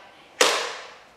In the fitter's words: and as you can hear you can hear that click sound and the